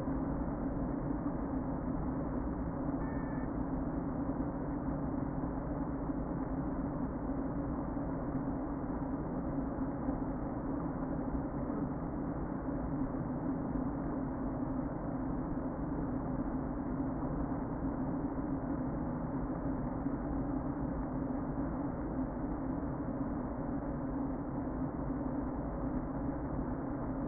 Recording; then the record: honeybee colony, microphone inside the hive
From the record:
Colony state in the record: queen present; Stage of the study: before two queens were removed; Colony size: about 60,000 bees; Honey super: yes